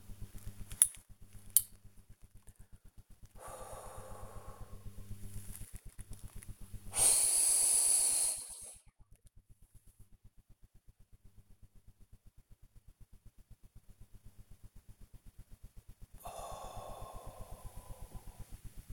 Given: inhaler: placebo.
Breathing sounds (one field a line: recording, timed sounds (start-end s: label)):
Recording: one use of a dry powder inhaler by a smartwatch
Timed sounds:
0.45-1.93 s: inhaler activation
3.31-5.62 s: exhalation
6.87-8.96 s: inhalation
16.10-18.71 s: exhalation